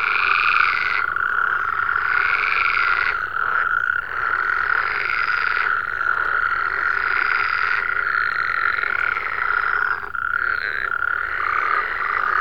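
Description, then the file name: Frog chorus, a constant droning call overlaid with louder rasping croaks that start and stop every second or two. "Digiffects Sound Effects Library - Frogs"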